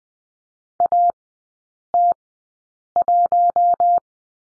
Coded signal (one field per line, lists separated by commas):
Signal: Morse code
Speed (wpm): 20 wpm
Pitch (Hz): 700 Hz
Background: none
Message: AT1